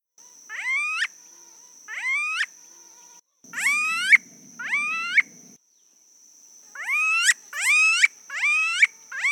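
Smooth-billed ani giving whiny, rising harmonic calls that sweep upward, in pairs and short series with brief pauses; a steady high tone runs through much of it, with a low rumble midway.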